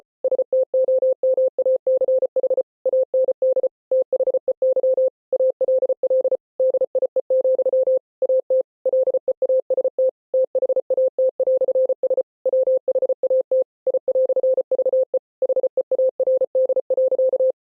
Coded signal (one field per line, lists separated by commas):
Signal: Morse code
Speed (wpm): 33 wpm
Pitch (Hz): 520 Hz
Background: none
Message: STOMACH AND THEY ALL DIE, AT LEAST THAT"S WHAT I"VE HEARD.